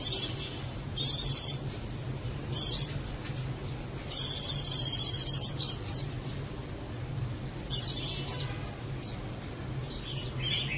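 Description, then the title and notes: Bird song: bright high whistled and trilled phrases in short bursts separated by pauses, with a steady low hum underneath. "Kicau Burung Lengkap"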